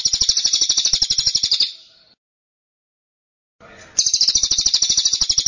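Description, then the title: Bird song, rapid high chirping trill that fades into a short silence, then a faint rustle before the fast chirps return loudly. Track meant to make a listener's own bird join in singing immediately. "Burung Anda Langsung Ikut"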